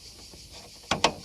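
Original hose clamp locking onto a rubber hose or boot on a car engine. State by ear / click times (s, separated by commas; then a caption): seated / 0.9 s, 1.0 s. Original spring or snap hose clamps are pressed closed onto a new rubber hose or boot in a BMW E34 engine bay. After a quiet stretch, two sharp, ratchet-like snaps ring out at 0.9 s and 1.0 s as the clamps lock shut, seating them.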